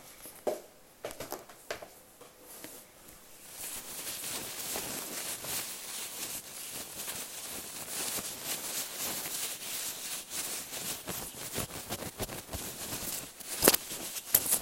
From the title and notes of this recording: Tapping, Scratching and Fluffing ASMR.